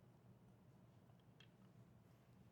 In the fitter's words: and you'll feel this thing kind of lock into place.